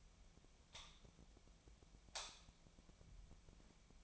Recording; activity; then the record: daily activity, microphone in the room; light on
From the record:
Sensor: 1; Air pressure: 1009.9 hPa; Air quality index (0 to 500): 190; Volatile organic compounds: 18 ppm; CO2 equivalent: 2604 ppm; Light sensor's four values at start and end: 36/92/38/47 and 46/132/54/62